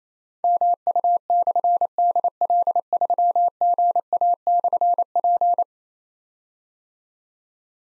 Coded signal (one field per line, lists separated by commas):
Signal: Morse code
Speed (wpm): 29 wpm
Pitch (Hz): 700 Hz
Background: none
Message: MU/DL3GA/P